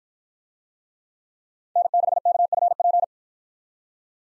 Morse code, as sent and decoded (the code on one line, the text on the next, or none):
-. -.... -.- ..-. .--.
N6KFP